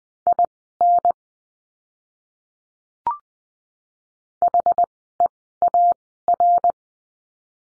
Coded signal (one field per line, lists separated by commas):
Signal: Morse code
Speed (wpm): 20 wpm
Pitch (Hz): 700 Hz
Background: none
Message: IN HEAR